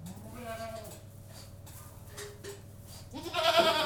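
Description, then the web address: Goat bleat cuts in at the end, loud and wavering, after quieter faint bleats over a continuous low mechanical drone. Goats in a goat-house, general atmosphere with a milking machine running in the background. "Sound Effects Library (Livestock) General atmosphere in goat-house, with milking machine in background"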